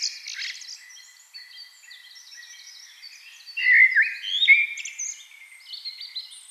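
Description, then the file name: Eurasian blackbird song: faint high twittering, then a louder stretch of warbled notes in the middle before it quietens again. "Turdus merula"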